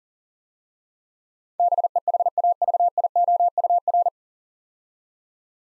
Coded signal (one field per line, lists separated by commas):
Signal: Morse code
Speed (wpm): 40 wpm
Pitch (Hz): 700 Hz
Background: none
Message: BEHAVIOUR